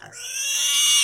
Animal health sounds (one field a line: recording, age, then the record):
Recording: pig call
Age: weaner (32 to 43 days)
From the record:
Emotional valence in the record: negative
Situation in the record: restrain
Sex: male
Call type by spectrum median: high-frequency call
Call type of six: mixed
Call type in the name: high-frequency stable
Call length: 1.05 s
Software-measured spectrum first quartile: 3041 Hz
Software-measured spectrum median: 4802 Hz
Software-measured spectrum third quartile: 6944 Hz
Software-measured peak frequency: 2859 Hz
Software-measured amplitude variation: 77 dB a second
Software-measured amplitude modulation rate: 19.6 a second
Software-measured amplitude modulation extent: 3.9 dB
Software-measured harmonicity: 6.0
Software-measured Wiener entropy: -2.87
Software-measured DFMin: 553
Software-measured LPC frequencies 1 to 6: 1218, 2255, 2851, 3481, 5740, 6297 Hz